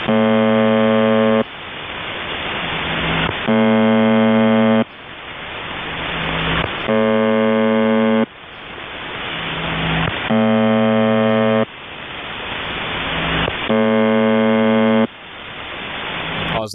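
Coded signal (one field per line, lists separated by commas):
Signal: channel marker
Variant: UVB-76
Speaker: I'm going to shut up for a second and just let you guys listen.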